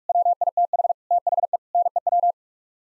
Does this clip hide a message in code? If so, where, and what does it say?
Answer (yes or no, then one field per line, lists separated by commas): yes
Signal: Morse code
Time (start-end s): 0.1-2.3 s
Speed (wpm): 41 wpm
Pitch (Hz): 700 Hz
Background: none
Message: WITH THE NEW